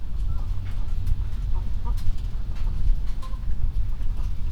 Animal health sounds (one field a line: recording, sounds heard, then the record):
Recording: poultry house recording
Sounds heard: healthy chickens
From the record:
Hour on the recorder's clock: 21